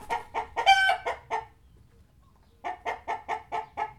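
Chickens clucking in short, throaty bursts, a quick run of about six clucks, a pause of roughly a second, then another steady run of clucks.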